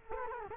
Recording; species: mosquito wingbeat signal from an infrared sensor; Culex quinquefasciatus